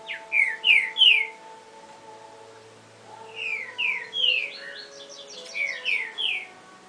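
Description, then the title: Double-collared seedeater song: bright descending whistled notes in bursts of three to five, with short twittered runs between phrases and a faint low hum. "Canto Coleiro"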